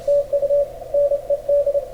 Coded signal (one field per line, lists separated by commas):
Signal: Morse code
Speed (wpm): 25 wpm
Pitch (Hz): 590 Hz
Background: radio noise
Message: TU NED